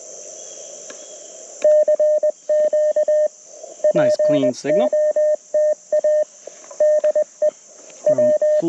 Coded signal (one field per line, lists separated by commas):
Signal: Morse code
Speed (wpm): 20 wpm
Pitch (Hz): 610 Hz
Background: speech, radio noise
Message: CQ POTA DE W